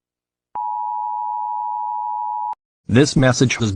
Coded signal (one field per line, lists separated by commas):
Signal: Emergency Alert System (SAME) tones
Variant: 853 and 960 Hz attention tone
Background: speech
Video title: EAS Scenario: Klasky Csupo Splatt